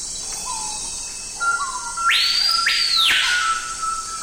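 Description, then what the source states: Screaming Piha cry, a loud ringing whistle sliding up then swooping down, over a steady insect buzz. Heard in the Amazon; a colorful cry from a drab bird.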